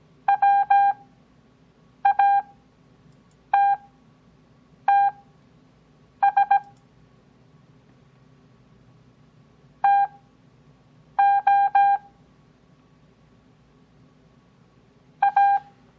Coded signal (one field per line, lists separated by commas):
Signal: Morse code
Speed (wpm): 17 wpm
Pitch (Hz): 800 Hz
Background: none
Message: WATTS TO A